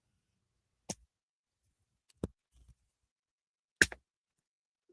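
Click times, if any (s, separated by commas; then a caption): 3.8 s. A plastic cap is opened and closed on the barrel of a Copic art marker, and small lumps of plastic inside the cap make it click. Several faint clicks and taps come before a sharp, bright click at 3.8 seconds as the cap snaps shut and seats.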